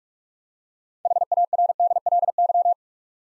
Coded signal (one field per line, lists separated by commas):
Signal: Morse code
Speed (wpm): 44 wpm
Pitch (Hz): 700 Hz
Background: none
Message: HARDLY